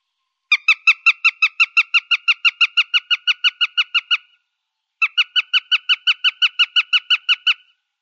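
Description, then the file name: Northern goshawk calling in two fast, evenly paced series of harsh kek notes, separated by a short pause. "habicht"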